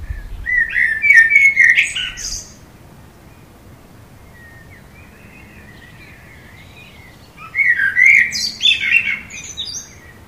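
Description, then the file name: Common blackbird song: two phrases separated by a long pause, each opening with rich fluted notes and closing in a scratchy high twitter, with a faint bird between them. "Turdus merula"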